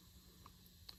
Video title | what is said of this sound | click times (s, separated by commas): 2022 Ford Super Duty Cabin AC Filter Change 15k Miles | So once you get it in, just make sure you push both sides and you'll hear it click. | 0.9 s